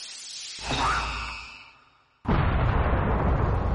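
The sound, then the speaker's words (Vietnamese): A powerful punch unleashes explosive force that forms thunder: a deep explosive boom swells with rumbling low end, fades over a second and a half, then a loud, dense crackling blast bursts in abruptly and sustains, like thunder striking. “Một quyền này phong vân biến sắc, kinh thiên động địa, lực lượng bùng nổ cuồng mãnh, hình thành lôi đình nổ vàng tám phương.”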